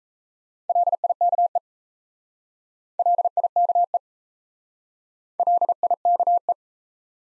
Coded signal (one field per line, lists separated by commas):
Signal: Morse code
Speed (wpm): 33 wpm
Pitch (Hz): 700 Hz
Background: none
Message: LIKE LIKE LIKE